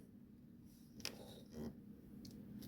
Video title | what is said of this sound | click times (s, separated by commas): WD Electronics Street Legal Kit Install | until they're even you'll hear it click or until it's even | 1.0 s